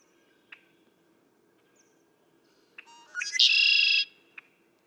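Red-winged blackbird song: a few sharp chips, then stuttering introductory notes sliding into a long harsh buzzy trill, followed by another chip.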